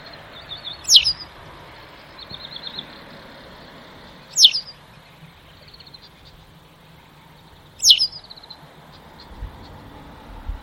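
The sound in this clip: White wagtail calls: three sharp, high, downward-sweeping notes spaced about three and a half seconds apart, over steady background noise.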